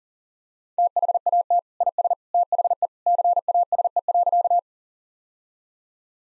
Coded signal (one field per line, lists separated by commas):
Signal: Morse code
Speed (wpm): 40 wpm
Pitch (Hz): 700 Hz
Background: none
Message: THAT IS THE CASE.